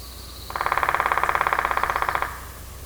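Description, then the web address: Woodpecker giving a single rapid rattle of many even, buzzy pulses lasting under two seconds, set against steady low background noise. On an island. "Matthew Kramer GUAG Audio GUAG SFX Island Woodpecker"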